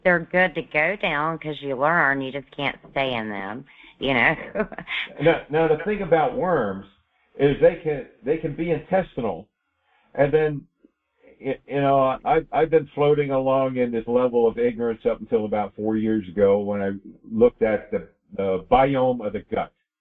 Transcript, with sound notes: but they're good to go down 'cause you learn, you just can't stay in them. You know? (laughs)
Yeah. No, now, the thing about worms is they can, they can be intestinal, and then it, you know, I've, I've been floating along in this level of ignorance up until about four years ago when I looked at the, the biome of the gut.